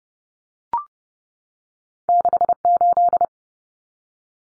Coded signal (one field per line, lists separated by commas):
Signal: Morse code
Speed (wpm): 30 wpm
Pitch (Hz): 700 Hz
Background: none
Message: 68